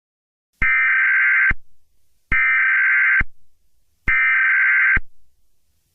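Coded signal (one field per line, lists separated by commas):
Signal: Emergency Alert System (SAME) tones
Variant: header bursts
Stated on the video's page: Not a real alert.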